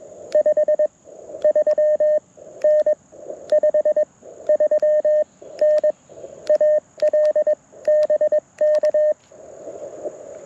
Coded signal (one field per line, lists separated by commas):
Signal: Morse code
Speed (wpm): 22 wpm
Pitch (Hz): 610 Hz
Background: none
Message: 5 3 N 5 3 N AL BK E